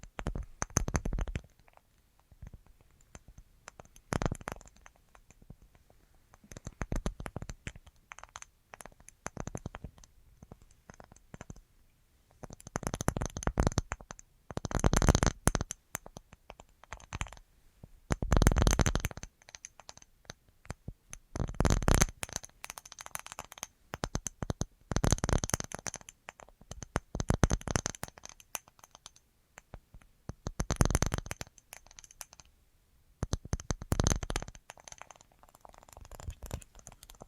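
Tingly tapping comes in dense bursts of quick clicks every few seconds, with quieter scattered taps and brief silences between them.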